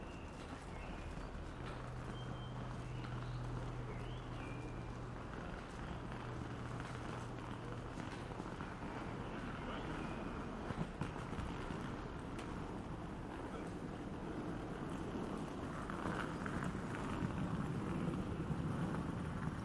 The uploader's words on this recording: Ambience on the Theaterplatz in Essen at 12:00 am.